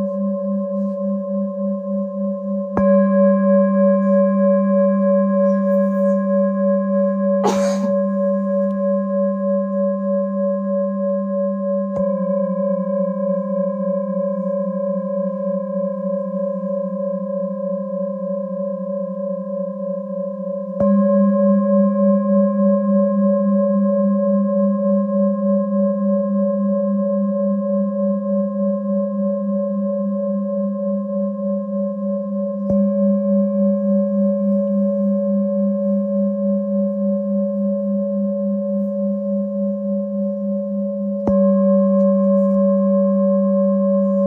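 Tibetan bowls hum with a steady, low, rich drone layered with brighter ringing tones above it. New strikes arrive every several seconds, around 3, 12, 21, 33 and 41 seconds, each renewing the sustained shimmer. A brief sharp click sounds near 8 seconds.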